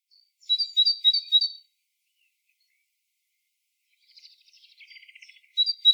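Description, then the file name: Great tit gives a quick run of sharp two-note phrases; after a pause a softer, buzzy twittering is heard before the ringing phrase starts again. "Parus major"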